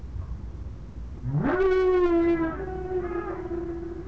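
Whale moan: a quick upward sweep into a long steady harmonic tone that holds for over two seconds, then drifts slightly lower as it trails off.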